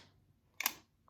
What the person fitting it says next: And then that's done. And it clicked.